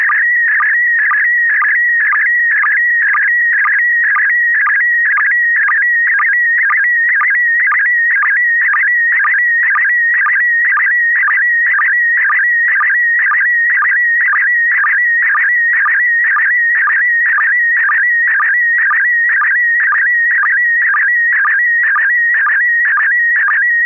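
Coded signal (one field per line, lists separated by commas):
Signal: SSTV (slow-scan television)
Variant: PD120 mode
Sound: steady warbling, chirpy tone with regular clicking sync pulses about twice a second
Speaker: I'm ready. This is KP4MD, and this is also going to be PD120.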